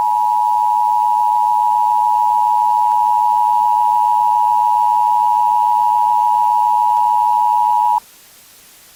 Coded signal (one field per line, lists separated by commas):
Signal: Emergency Alert System (SAME) tones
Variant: 853 and 960 Hz attention tone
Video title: EAS Scenario - 2018 Indiana statewide tornado drill